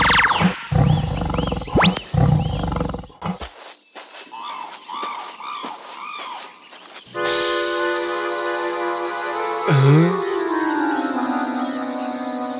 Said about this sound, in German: Plötzlich hörten sie ein lautes Knurren und sahen einen großen Bären, der sich ihnen näherte. Sie fürchteten sich sehr.